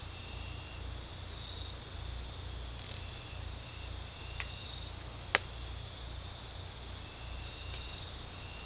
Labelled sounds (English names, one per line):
none